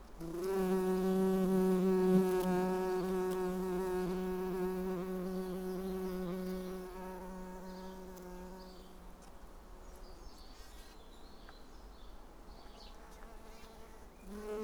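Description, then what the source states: Bumblebee wing buzz, a strong steady drone for about nine seconds that fades away, then briefly returns at the very end. Recorded on Schanzenstrasse, Dresden, Germany.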